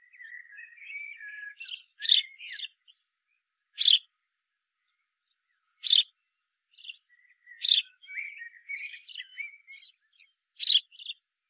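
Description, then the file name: House sparrow calls: abrupt loud chirps every few seconds, with softer twittering notes in between. "Passer domesticus"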